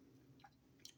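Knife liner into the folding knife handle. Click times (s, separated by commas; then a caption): 0.9 s. While reassembling a CIVIVI Baklash folding knife, the liner is pressed back into the handle, and a short, bright click is heard at 0.9 s over a low background hum. The click confirms the liner has seated in place.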